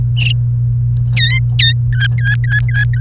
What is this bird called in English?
Domestic Canary